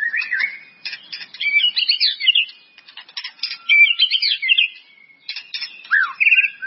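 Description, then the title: White-rumped Shama singing a varied medley of warbled whistles, sharp clicks and fluty slurred phrases in quick succession. "murai batu"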